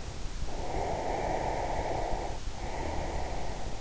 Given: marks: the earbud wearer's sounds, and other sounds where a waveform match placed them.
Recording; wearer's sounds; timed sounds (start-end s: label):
sounds in sleep by an in-ear microphone; breath
0.57-3.63 s: breath